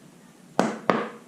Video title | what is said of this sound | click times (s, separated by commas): Forged VQ37VHR build part 4 | Yeah, you can already hear it. You can already hear it popping loose. | 0.6 s, 0.9 s